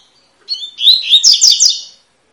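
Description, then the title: Double-collared seedeater singing a single rapid phrase, clear whistled slurs followed by sharp, buzzy trills, lasting about a second and a half in silence. Tui-tui song style of fibra-quality bird, used as a teacher song for training young birds. "COLEIRO TUI TUI FIBRA"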